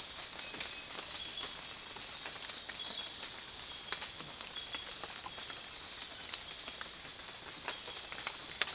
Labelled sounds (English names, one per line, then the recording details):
none
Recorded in secondary vegetation near Puerto Asís, Putumayo, Colombia, on 19 June 2025 at 03:30
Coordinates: 0.485, -76.322
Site GP06